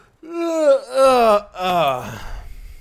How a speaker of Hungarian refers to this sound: Lehetett volna halkabban is ásítani. Egy kicsit visszafogottabban is a baj.